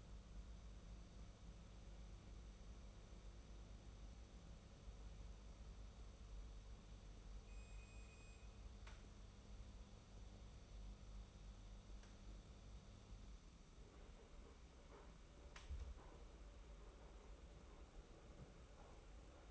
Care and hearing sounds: daily activity, microphone in the room; make coffee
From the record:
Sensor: 1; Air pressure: 994.5 hPa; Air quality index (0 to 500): 228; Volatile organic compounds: 1000 ppm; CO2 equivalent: 8198 ppm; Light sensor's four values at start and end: 146/333/149/163 and 151/346/155/170

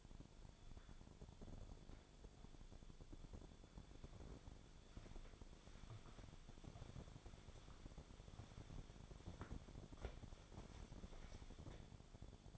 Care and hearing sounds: daily activity, microphone in the room; walk to room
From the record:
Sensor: 5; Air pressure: 1000.0 hPa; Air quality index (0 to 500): 88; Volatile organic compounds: 1 ppm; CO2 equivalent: 724 ppm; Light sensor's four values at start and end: 331/822/344/386 and 373/875/383/444

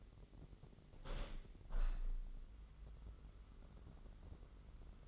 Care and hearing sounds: daily activity, microphone in the room; open window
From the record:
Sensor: 4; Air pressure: 999.3 hPa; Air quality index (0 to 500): 114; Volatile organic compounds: 2 ppm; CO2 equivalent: 1132 ppm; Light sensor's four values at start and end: 15/35/14/16 and 15/35/14/16

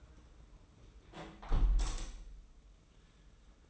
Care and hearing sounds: daily activity, microphone in the room; close window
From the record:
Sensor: 1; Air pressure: 991.3 hPa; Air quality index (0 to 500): 106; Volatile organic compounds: 87 ppm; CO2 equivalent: 3663 ppm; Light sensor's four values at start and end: 37/117/46/48 and 37/116/46/47

